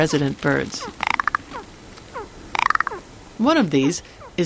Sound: Rock Ptarmigan chuck and rattle calls

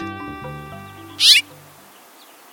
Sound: House Finches’ call notes

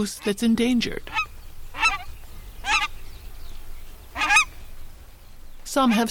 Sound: nene call

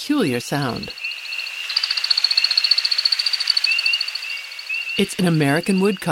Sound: Repeat flight twittering/chirps of American Woodcock

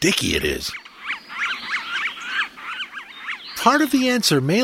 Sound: Red-breasted Sapsuckers calling

